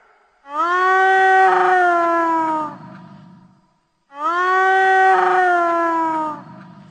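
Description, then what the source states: Hyena whoops, two long drawn-out harmonic cries, each a little over two seconds, slightly falling in pitch, the second repeating the first. Played back as an example of hyena sounds.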